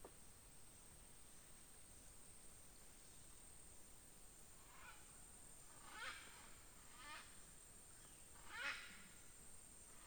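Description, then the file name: Parrot squawks, a few harsh, buzzy calls in the second half, over a steady high-pitched hum and low background noise. "perroquets"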